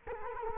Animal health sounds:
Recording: mosquito wingbeat signal from an infrared sensor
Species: Culex quinquefasciatus

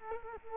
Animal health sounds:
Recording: mosquito wingbeat signal from an infrared sensor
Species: Culex quinquefasciatus

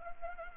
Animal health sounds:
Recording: mosquito wingbeat signal from an infrared sensor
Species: Anopheles arabiensis

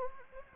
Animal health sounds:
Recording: mosquito wingbeat signal from an infrared sensor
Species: Anopheles gambiae

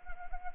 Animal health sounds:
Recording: mosquito wingbeat signal from an infrared sensor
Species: Anopheles arabiensis

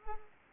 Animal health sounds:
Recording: mosquito wingbeat signal from an infrared sensor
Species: Culex pipiens

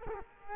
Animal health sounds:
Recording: mosquito wingbeat signal from an infrared sensor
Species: Culex quinquefasciatus

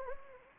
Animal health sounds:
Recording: mosquito wingbeat signal from an infrared sensor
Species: Anopheles arabiensis

